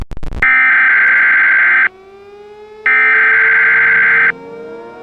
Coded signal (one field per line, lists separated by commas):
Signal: Emergency Alert System (SAME) tones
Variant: header bursts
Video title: Vernshot - An EAS Mock Scenario